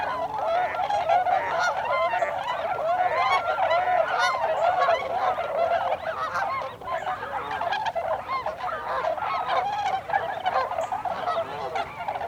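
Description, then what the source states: Tundra swans calling as a flock, a dense, continuous chorus of mellow, wavering hoots and honks overlapping throughout with no pauses. Recorded 26 December 2020.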